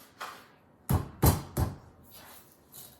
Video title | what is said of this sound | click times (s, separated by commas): Pineapple upside down cake Half of the￼ cake mix and no mixer … The cheating gourmet￼.￼ | pop it in until it clicks and then i try and get this right over the core | 0.9 s